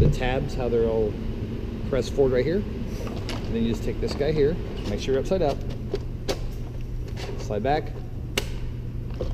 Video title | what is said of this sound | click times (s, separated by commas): Taurus radio replacement | You hear the click. | 8.4 s